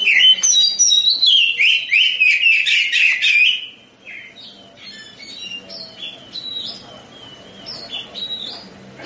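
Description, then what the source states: Oriental magpie-robin song, a loud rapid burst of sharp chattering and whistled notes for nearly four seconds, then softer scattered high whistles and twitters. Champion songbird.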